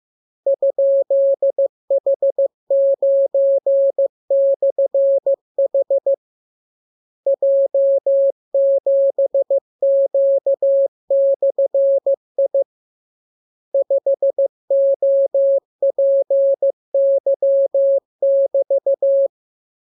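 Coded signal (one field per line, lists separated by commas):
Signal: Morse code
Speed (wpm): 15 wpm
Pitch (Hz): 550 Hz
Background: none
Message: ?H9/H J7Q/I 5OPY<BT>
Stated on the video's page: Morse lesson 33: characters sounded first, then a radiogram opening with VVV and =, ending with AR.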